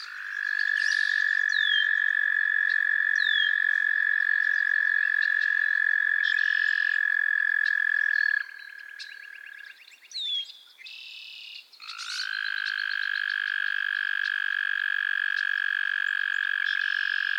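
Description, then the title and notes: Frog chorus: long loud trills overlap, drop to quieter stuttering calls for a few seconds, then a fresh trill resumes strongly. Chorus of frogs calling to one another on a summer evening at Miners Marsh, Annapolis Valley, Nova Scotia. "Theraphonia - Frogsong at Miners Marsh. A chorus of frogs croon to one another on an idyllic summer evening in Miners Marsh, Annapolis Valley, Nova Scotia"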